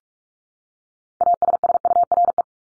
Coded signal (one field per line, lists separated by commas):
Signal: Morse code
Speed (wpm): 44 wpm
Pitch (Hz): 700 Hz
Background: none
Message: ASSURE